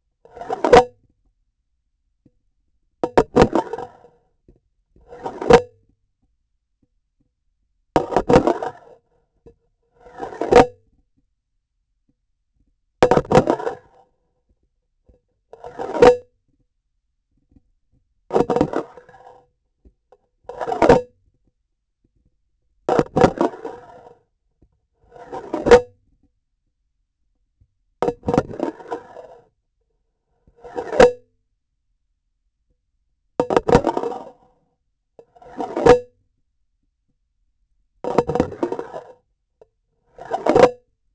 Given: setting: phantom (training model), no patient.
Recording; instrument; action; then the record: laparoscopic instrument, vibration sensor on the handle end; grasping forceps; insertion and removal through the trocar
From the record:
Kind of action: spatial motion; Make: Olympus